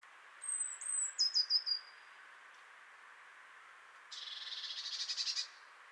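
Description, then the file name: Great tit churring in a rapid buzzy rattle lasting over a second, preceded by a series of very high, thin whistles that step down in pitch. "Parus major"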